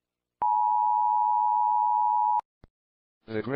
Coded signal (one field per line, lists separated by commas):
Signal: Emergency Alert System (SAME) tones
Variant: 853 and 960 Hz attention tone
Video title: EAS SCENARIO: Annoying Orange (AFTER MANY MONTHS OF WORK)